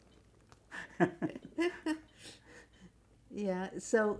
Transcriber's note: laughs